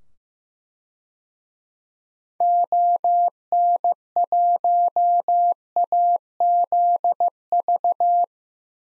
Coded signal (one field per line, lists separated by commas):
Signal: Morse code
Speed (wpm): 15 wpm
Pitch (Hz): 700 Hz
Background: none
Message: ON1AZV